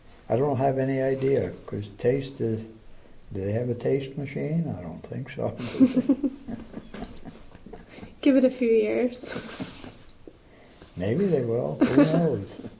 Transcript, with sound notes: I don't have any idea because do they have a taste machine? I don't think so. [laugher]
Give it a few years.
Maybe they will, who knows?